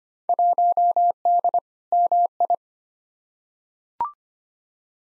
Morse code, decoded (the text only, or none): 1D MI